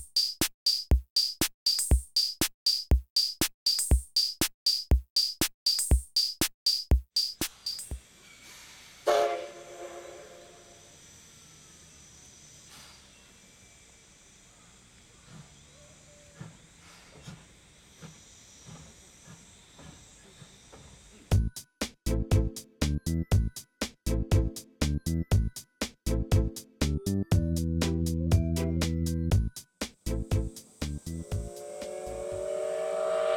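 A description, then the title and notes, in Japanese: A double-headed steam train chuffs in sharp, rapid bursts, falls to a quiet hiss mid-clip, then resumes loud chuffing with a whistle. SLやまぐち号 vol.3 ー重連ー。JR山口線を走る重連の「SLやまぐち号」（前半）です。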